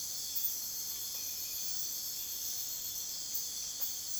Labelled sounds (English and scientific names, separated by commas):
none